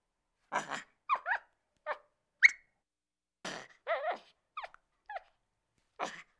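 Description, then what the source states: Capuchin monkey giving sharp squeals and short screechy chirps in irregular bursts, some rough and harsh, others thin, with brief silences between. Capuchin monkey, angry.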